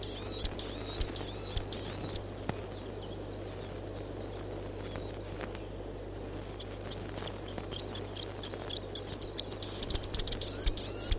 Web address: bird-song chatham-island-fantail